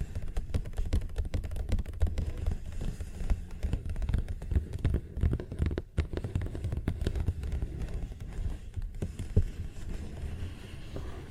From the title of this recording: Paper Bag Tapping and Scratching Sounds